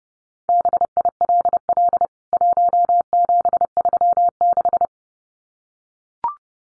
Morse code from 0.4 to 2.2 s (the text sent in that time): BILL